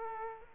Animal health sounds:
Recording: mosquito wingbeat signal from an infrared sensor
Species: Aedes aegypti

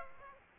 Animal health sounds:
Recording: mosquito wingbeat signal from an infrared sensor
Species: Aedes aegypti

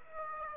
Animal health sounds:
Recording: mosquito wingbeat signal from an infrared sensor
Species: Aedes aegypti

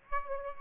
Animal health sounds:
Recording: mosquito wingbeat signal from an infrared sensor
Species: Aedes aegypti

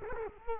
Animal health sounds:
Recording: mosquito wingbeat signal from an infrared sensor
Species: Culex quinquefasciatus

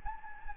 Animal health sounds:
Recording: mosquito wingbeat signal from an infrared sensor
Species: Anopheles gambiae

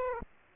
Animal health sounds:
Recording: mosquito wingbeat signal from an infrared sensor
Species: Aedes aegypti

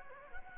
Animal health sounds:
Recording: mosquito wingbeat signal from an infrared sensor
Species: Anopheles gambiae

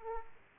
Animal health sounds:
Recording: mosquito wingbeat signal from an infrared sensor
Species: Aedes aegypti

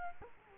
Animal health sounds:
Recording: mosquito wingbeat signal from an infrared sensor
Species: Culex quinquefasciatus

